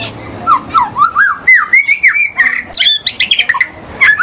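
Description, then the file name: White-rumped shama song: a rising series of rich looping whistles, rapidly repeated, ending in higher sharp notes and chatter. In the forest. "murai batu di hutan"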